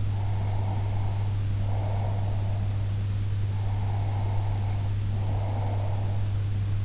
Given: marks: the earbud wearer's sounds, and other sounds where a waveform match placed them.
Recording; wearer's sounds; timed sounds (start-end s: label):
sounds in sleep by an in-ear microphone; breath
0.17-2.82 s: breath
3.57-6.42 s: breath